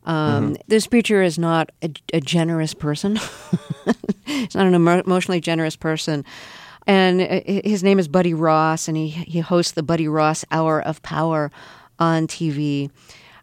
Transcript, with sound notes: This preacher is not a generous person.
(LAUGHTER)
He's not an emotionally generous person. And his name is Buddy Ross, and he hosts "The Buddy Ross Hour of Power" on TV.